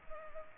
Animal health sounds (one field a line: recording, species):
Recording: mosquito wingbeat signal from an infrared sensor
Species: Culex pipiens